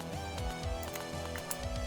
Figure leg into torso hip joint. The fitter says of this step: that one clicked cool and let's pop this head on and look this